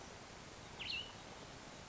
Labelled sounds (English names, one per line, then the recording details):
Cassin's Vireo
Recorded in Sonoma County, California